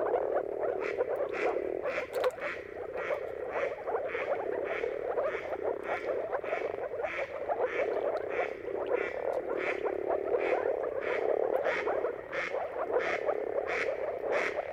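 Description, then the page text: Moor frogs in a continuous bubbling mating chorus, with a sharp ticking sound repeating about twice per second over the top. Chorus of many moor frogs giving mating calls at sunrise at the turn of March and April, timing depending on weather. "earth-fm Jakub-Orzecki. Depending on the weather at the turn of March and April, you can witness an amazing spectacle of moor frogs"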